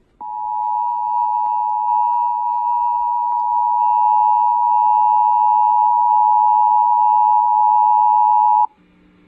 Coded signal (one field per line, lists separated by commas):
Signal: Emergency Alert System (SAME) tones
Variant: 853 and 960 Hz attention tone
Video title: Required Monthly Test on WRDG (EAS Alert #59) - 6/19/19